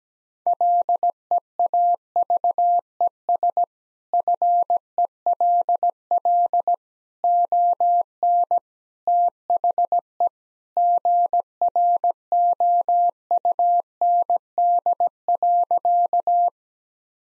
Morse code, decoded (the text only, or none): LEAVES FELL ON THE GROUND.